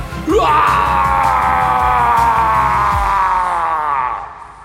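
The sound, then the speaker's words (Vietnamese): A demon's shrill, sustained scream echoes across a field as a knife blade slashes into its body. It rises sharply at the start, then holds a piercing, wavering high pitch for several seconds before fading, with a low rumbling layer underneath. “Tiếng hét vang vọng khắp cánh đồng.”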